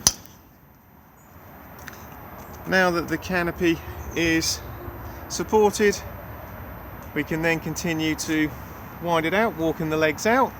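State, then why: Seated. A metal awning support leg on an Elddis Majestic 185 is dropped to the ground and locked into position, giving a sharp metallic hit at 0.1 s as it locks into place. A quiet stretch follows, then someone talks from about 2.7 s to the end.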